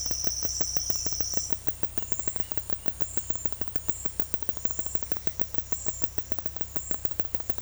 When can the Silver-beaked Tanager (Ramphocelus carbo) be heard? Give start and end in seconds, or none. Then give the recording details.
none. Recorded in dense forest near Puerto Asís, Putumayo, Colombia, on 19 February 2024 at 11:00. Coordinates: 0.487, -76.319. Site G6403